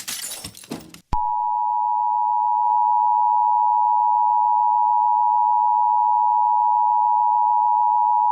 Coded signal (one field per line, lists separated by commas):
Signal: Emergency Alert System (SAME) tones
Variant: 853 and 960 Hz attention tone